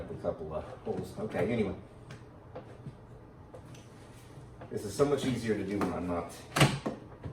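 Someone talks while handling a Milwaukee M18 3-in-1 Backpack Vacuum unit against its backpack harness frame, lining it up to slide upward onto a plastic clip at the bottom. Light knocks and rustles are heard, with a louder hit near 6.9 s. Nothing has seated or clicked into place yet.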